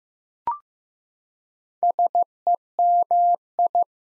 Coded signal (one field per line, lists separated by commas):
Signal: Morse code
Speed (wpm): 15 wpm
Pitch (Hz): 700 Hz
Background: none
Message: SEMI